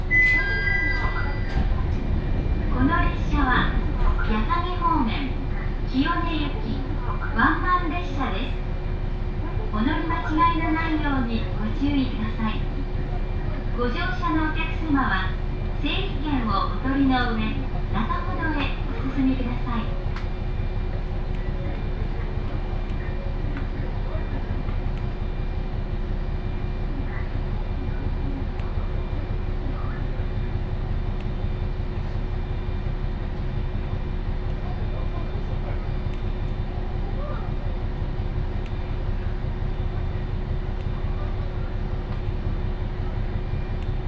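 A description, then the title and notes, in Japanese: A ride on the Ibara Railway between Michinoue, Kannabe and Bitchu-Kurose. A steady low rumble and drone run throughout, with a faint constant whine on top. A voice talks over it for about the first twenty seconds, then only the even running noise remains. 井原鉄道 道上→神辺→備中呉妹。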